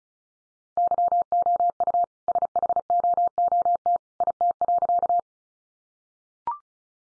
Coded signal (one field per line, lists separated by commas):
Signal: Morse code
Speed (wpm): 34 wpm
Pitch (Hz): 700 Hz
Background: none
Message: YOU SHOOT IT.